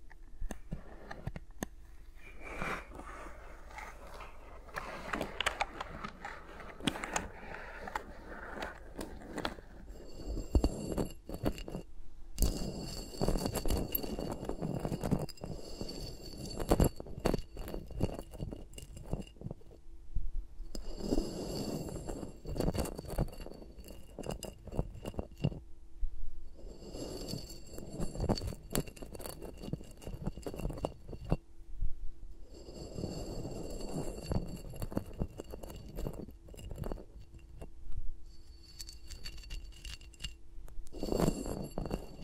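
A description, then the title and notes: Fingers move and rub against microphones in a dense, scratchy stream of soft taps, rustles and crackles that rises and falls in bursts through the whole clip. A steady high whine runs underneath, joined from about ten seconds on by brighter tonal ringing that comes and goes. ASMR with Mics Around My Fingers (No Talking).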